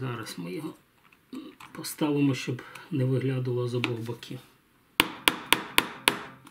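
Someone talks while preparing to drive a retaining pin into an AR-15 rifle gas block, then five sharp hammer strikes on the pin ring out at about 5.0, 5.3, 5.5, 5.8 and 6.1 seconds. The pin has not seated yet when the clip ends.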